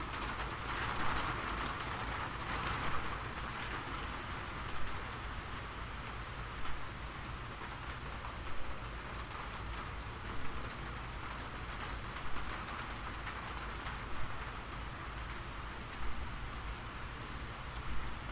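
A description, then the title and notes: Gentle rain falls steadily, a dense even patter with a constant low rumble underneath. Every couple of seconds a brighter tap or ping stands out, like drops striking tin, at roughly regular intervals throughout. Gentle Rain and Tin Sounds.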